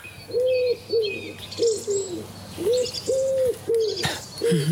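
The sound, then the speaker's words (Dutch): A wood pigeon coos in a steady, repeating low-pitched phrase while assorted smaller birds chirp and tweet at higher pitch in the background. “Een houtduif. Waar hoorde jij deze duif? Het is wel grappig, want er zitten ook nog allerlei andere vogeltjes achter.”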